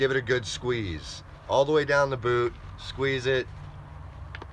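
Someone talks while squeezing a swappable rubber/felt outsole down onto a Korker wading boot so its pegs snap into the side holes of the sole. Two short clicks are heard at about 4.3 s and 4.4 s as pegs seat. The outsole is only partly clicked in, with one spot still needing more push.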